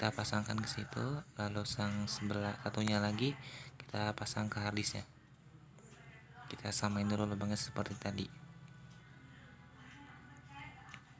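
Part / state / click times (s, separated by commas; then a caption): SATA data cable into hard drive port / seated / 10.9 s. Someone talks over background music while a blue SATA data cable is lined up with a hard drive's port and pushed in. A short, sharp click is heard at 10.9 s as the cable seats, and the connection is confirmed as fitted.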